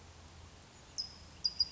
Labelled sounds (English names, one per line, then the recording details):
California Towhee
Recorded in Sonoma County, California